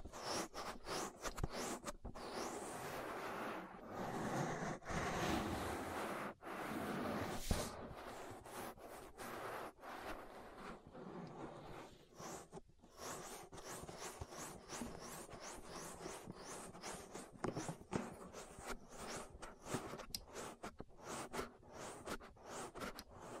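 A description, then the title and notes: Ear massage sounds: soft rubbing and brushing strokes that swell and fade, dense and continuous for the first eight seconds. After that the touches break into quicker, separate taps and short swipes, often in rapid bursts, over a low steady hum. ASMR Relaxing Ear Massage. (No Talking).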